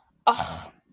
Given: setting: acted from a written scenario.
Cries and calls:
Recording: vocal sound without words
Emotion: disappointment

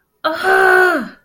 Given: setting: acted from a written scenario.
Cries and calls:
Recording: vocal sound without words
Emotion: pain

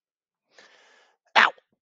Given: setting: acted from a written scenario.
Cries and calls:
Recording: vocal sound without words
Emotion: pain

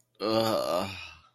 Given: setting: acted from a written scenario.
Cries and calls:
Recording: vocal sound without words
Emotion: contentment

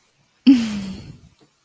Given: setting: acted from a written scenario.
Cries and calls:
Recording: vocal sound without words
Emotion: romantic love

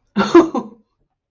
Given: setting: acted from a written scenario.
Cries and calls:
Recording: vocal sound without words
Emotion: amusement

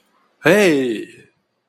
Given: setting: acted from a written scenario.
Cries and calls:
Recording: vocal sound without words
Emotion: anger

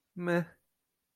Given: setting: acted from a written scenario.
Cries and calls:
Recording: vocal sound without words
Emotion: neutral

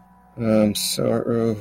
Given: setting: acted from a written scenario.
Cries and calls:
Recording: vocal sound without words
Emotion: guilt

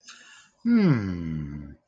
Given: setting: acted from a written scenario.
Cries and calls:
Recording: vocal sound without words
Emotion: serenity

